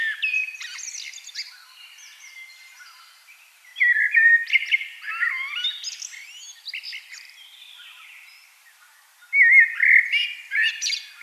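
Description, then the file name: Common blackbird song: fluty warbled phrases ending in squeaky high twitters, with loud phrases near four seconds and near the end. "Turdus merula"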